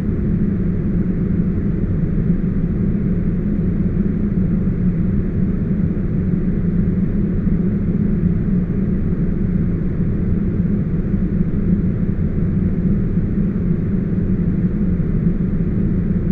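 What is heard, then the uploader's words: Deep, uninterrupted noise holds perfectly steady for the whole stretch, weighted heavily toward a low rumble with a slight hum in the lower middle. The upper range is muffled and the top end is silent, giving a dense, engine-like drone without any separate events. Deep, uninterrupted white noise.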